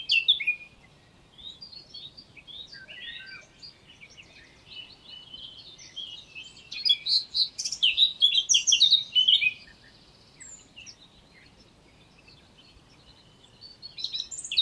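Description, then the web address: Eurasian blackcap song: warbled notes at the start, soft chattering, then a loud burst of rich, varied warbling, a pause, and a brief new phrase at the close. "SETE data Sylvia atricapilla"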